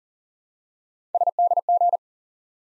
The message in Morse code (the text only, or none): SDG